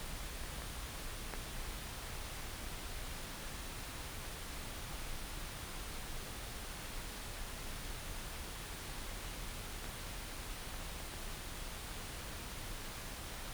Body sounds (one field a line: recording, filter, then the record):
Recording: brain microelectrode recording played as sound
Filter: wide band, above 20 Hz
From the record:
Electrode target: subthalamic nucleus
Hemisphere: right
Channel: 1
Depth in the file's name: 5.102 mm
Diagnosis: Parkinson's disease